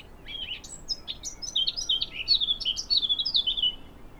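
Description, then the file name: Eurasian blackcap giving a rapid, high-pitched warble of varied chirps and slurred notes, getting louder toward the middle, over faint background hiss. "Sylvia atricapilla"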